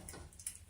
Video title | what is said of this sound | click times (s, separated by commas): Installing Enphase Micro Inverters | You push this in and you should listen for the clicks. | 0.5 s